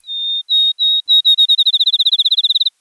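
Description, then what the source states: Field Sparrow song: clear whistled notes, a long one then shorter ones, speeding up into a rapid trill of many notes, with no other sounds. Sung in the dark an hour before dawn on a July morning in the Wisconsin countryside; whistled song speeding toward a melodious trill, announcing the new day.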